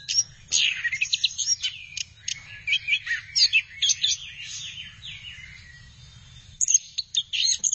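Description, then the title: Thrush pouring out a fast, tumbling medley of chirps and descending whistles, fading to quiet, then picking up again at the close. "burung anis x"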